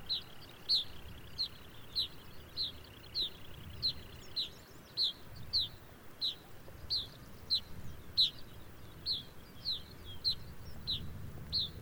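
Arctic birds call in a steady, even series of short, bright chirps, roughly two each second, for the whole stretch. A faint buzzy trill runs under the chirps for the first couple of seconds, and a low, uneven rumble sits beneath throughout.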